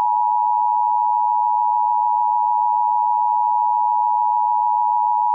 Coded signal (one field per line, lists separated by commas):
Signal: Emergency Alert System (SAME) tones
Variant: 853 and 960 Hz attention tone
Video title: EAS Scenario The Anger Management Part 1: Massive Riots of Ohio